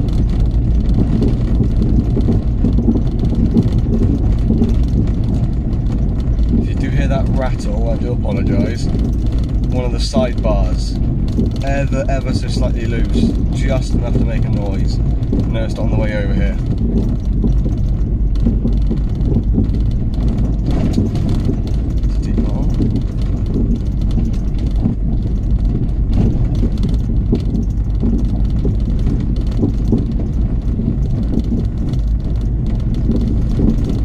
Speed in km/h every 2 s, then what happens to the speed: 23, 23, 23, 21, 19, 21, 21, 19, 19, 19, 19, 19, 19, 19, 21, 21, 23.
0-34 steady at about 21.